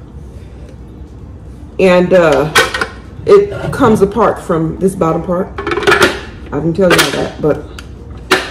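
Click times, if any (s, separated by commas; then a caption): 8.3 s. Someone talks while the top section of a slow juicer, which holds the blade, is put back onto its bottom housing. It locks into place with one sharp click at 8.3 seconds.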